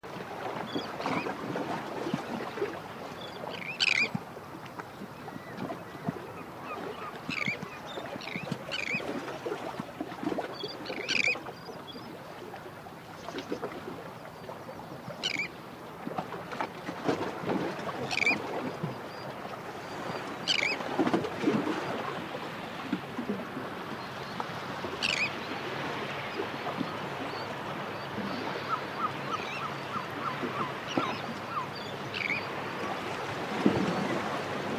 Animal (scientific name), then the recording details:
Thalasseus sandvicensis. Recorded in the wild. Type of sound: call. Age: diverse. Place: Kloster, Insel Hiddensee, Mecklenburg-Vorpommern, DE. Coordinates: 54.5783, 13.1022. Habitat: sea coast. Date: 2012-09-11. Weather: 15°C, cloudy, almost windless. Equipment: Sound Devices 702, Sennheiser MKH 415 T, Rhode Windschutz. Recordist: Frommolt, Karl-Heinz. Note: Rufe von adulten und juvenilen Brandseeschwalben im Flug